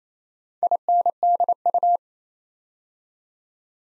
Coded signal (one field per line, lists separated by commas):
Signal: Morse code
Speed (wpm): 27 wpm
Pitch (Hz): 700 Hz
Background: none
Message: INDU